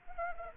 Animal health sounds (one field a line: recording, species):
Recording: mosquito wingbeat signal from an infrared sensor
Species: Anopheles arabiensis